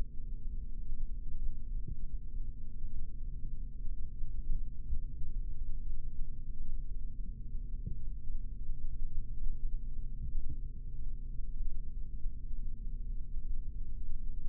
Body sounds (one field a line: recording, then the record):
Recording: forearm muscle sounds (acoustic myography)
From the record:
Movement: rest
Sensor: system 3, bracelet of six PUI Audio POM-2738L microphones around the upper forearm, with dedicated amplification and filtering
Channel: 2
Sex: male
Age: 26 years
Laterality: right